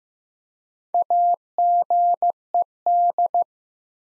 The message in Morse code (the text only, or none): AGED